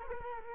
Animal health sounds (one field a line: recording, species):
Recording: mosquito wingbeat signal from an infrared sensor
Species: Culex quinquefasciatus